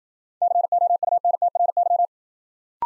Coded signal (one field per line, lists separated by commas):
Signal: Morse code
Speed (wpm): 53 wpm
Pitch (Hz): 700 Hz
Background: none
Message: COUNTRY